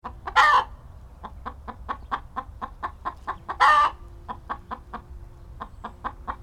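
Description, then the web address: Chicken giving a steady run of brief clucks with two loud, raspy squawks standing out above them. "Tom Hutchings Chicken Cluck and Squawks"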